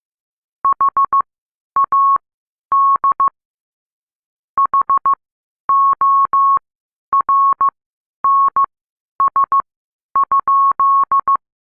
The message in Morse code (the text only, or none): HAD HORNS?